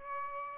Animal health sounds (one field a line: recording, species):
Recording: mosquito wingbeat signal from an infrared sensor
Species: Aedes albopictus